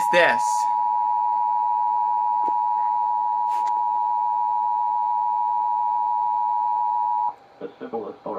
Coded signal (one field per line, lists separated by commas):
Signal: Emergency Alert System (SAME) tones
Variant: 853 and 960 Hz attention tone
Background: speech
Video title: EAS Child Abduction Emergency caught on camera (EAS #19)